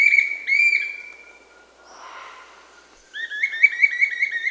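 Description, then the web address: Bright-rumped attila song: long whistled notes at the start, a soft hissing rush, then a fast run of repeated rolling whistled notes. Amazon, Peru. "Birds of the Amazon 3. Bright-rumped Attila (Attila spadiceus), Peru"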